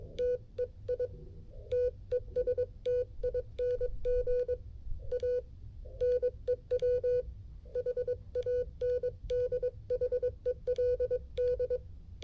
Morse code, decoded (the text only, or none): TEI TESTING A NEW HANDHELD